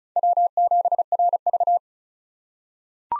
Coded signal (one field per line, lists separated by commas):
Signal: Morse code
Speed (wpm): 34 wpm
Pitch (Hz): 700 Hz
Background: none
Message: W7RV